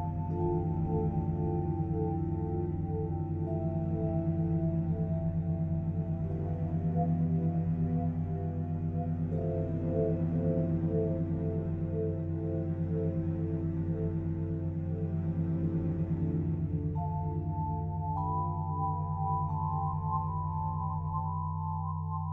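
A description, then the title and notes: Healing sound bowls ring and reverberate in a steady, sustained drone. Deep hum sits low underneath while several clear tones shimmer and pulse above, with a new higher ring entering near the end. The level stays even throughout, without sharp strikes. Singing Sound Bowls. Listen to the reverberating sounds of the healing sound bowls.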